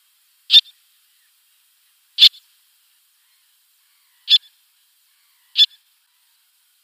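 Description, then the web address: Little tern making brief, piercing kik calls at uneven gaps of one to two seconds, several notes, most followed by a quiet short tail. "Schulze Peter Little Tern"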